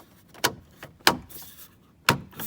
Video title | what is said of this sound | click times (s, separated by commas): 1994 Ford F150: Replacing the headlight switch | just snap in place there's the other side there pretty | 1.1 s, 2.1 s